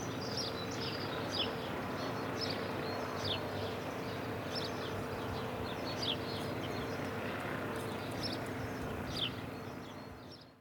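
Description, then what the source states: Sparrows giving brief high chirps at irregular intervals over constant background noise with a faint low hum. More than one sparrow.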